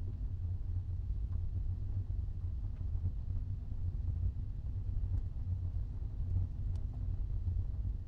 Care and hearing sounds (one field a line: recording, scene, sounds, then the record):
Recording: everyday scene through a hearing-aid microphone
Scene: in a vehicle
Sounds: engine, rumble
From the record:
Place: Skoda Fabia, gasoline engine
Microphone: in the ear canal, right